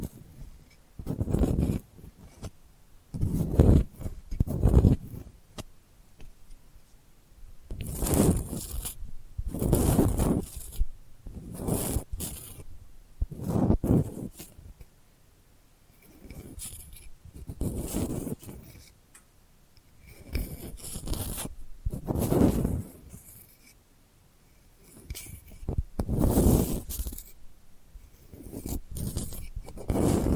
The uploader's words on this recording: ASMR Delicate Scratching for Sleep (No Talking).